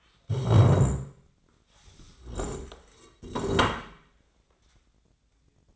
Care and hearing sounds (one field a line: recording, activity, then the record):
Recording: daily activity, microphone in the room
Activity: stand up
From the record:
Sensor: 3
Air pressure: 1012.2 hPa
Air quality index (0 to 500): 172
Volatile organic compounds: 3 ppm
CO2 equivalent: 1318 ppm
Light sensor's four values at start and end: 60/151/67/72 and 95/204/104/114